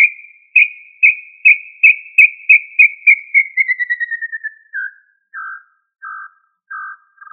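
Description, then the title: Tinamou call series: quick pure whistled notes that run steadily, then quicken and slide lower in pitch, ending in several spaced, lower, slightly buzzy notes. "Familia Tinamidae - Quail - Puyuh"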